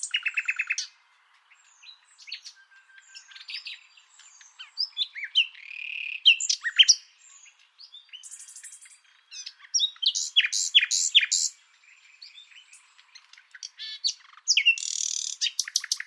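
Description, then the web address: Bird song: a varied, scratchy warble of chirps and whistles, with a brief buzzy trill and loud grating notes in the second half. "Deverinetal 2025 File origin Bird Only"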